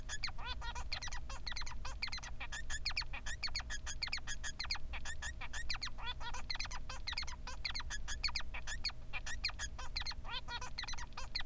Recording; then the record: song of a male Bengalese finch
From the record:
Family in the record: son of father 3